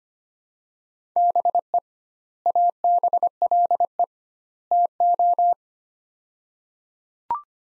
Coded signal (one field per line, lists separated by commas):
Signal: Morse code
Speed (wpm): 25 wpm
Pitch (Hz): 700 Hz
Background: none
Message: BE ABLE TO